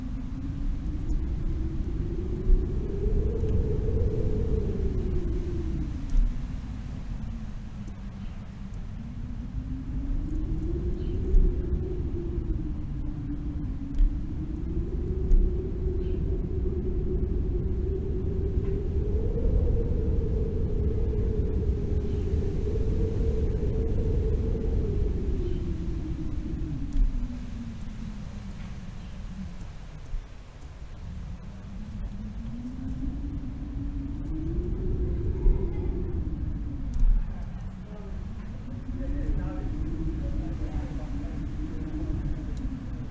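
Howling wind roars low and constant, with a moaning tone that rises and falls in slow swells every several seconds. It builds to its longest, highest howl around the middle, dips into a brief lull near thirty seconds, then surges again with occasional buffeting thumps.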